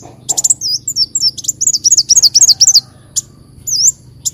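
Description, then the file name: Leafbird song: a rapid series of high, looping whistled notes repeated about four times a second, a few scattered chirps, then one swooping whistle. "Tieng chim xanh tim"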